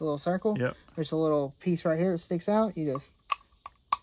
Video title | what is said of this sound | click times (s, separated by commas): 5 HARBOR FREIGHT TOOLS YOU MUST HAVE!!! NEW TOOLS #harborfreight #tools #toolreviews #icon #toolbox | push up, and then it locks into place, and there you go. | 3.9 s